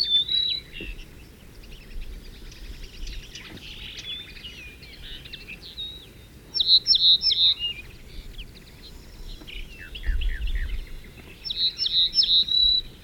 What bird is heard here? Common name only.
Ortolan Bunting